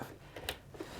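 A second power cable connector is pushed firmly, with a slight twist, into the graphics card socket of an Apple Mac Pro (2019) during a GPU upgrade. A sharp, bright click is heard at 0.5 s between softer handling rustles. The connector seats as confirmed.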